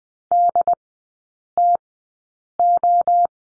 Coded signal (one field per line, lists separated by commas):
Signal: Morse code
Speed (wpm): 20 wpm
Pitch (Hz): 700 Hz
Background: none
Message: DTO